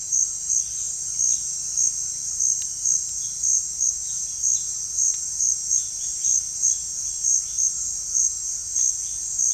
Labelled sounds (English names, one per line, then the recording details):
none
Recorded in secondary vegetation near Puerto Asís, Putumayo, Colombia, on 29 June 2025 at 16:30
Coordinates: 0.498, -76.327
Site GP09